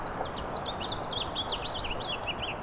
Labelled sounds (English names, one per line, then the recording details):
House Finch song
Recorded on Long Island, New York, on 8 April 2011
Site BN
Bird D